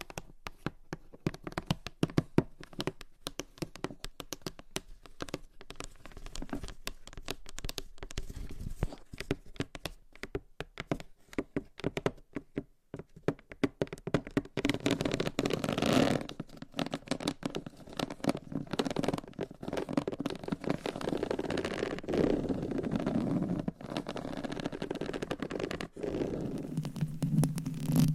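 Gentle tapping and scratching fills the clip, with quick irregular taps and brushes in dense clusters throughout. Around fifteen seconds the sound grows fuller and louder, a steadier scratchy rustle mixed with continued taps that carries on to the end.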